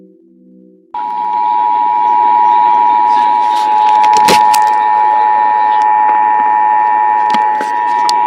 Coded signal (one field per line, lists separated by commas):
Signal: Emergency Alert System (SAME) tones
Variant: 853 and 960 Hz attention tone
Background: speech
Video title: AM/FM/NOAA Radio (EAS # 500-503) Tests From 10/2-10/4/18